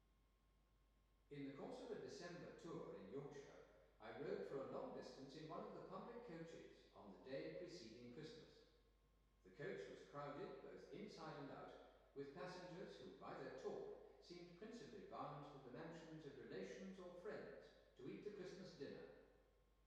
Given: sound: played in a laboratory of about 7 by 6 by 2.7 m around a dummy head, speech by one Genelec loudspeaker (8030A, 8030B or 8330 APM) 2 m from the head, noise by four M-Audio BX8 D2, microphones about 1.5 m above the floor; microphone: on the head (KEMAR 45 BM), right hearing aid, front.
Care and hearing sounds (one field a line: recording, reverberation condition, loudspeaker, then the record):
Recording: male speech in English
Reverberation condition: high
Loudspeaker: 60 degrees to the left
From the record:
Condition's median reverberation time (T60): about 1300 ms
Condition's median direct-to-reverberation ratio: about -4.0 dB